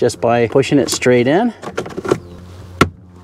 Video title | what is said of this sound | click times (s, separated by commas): 2014 - 2018 MAZDA 3 CABIN AIR FILTER REPLACEMENT - EASY DIY! Save some money and do it yourself. | till it clicks in place like that | 2.8 s